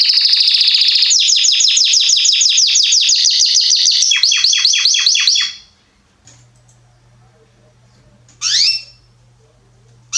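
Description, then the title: Belgian canary song: a loud rolling trill, then rapid repeated descending notes, silence with a low hum, and a brief burst near the end. Male Belgian canary named Salsa singing very strongly and a lot; used to warm up young birds. "Canary Training Esquente Seu Filhote E Canario Belga Em 30 Minutos Macho Cantando Muito. Canrio Belga Salsa cantando muito forte"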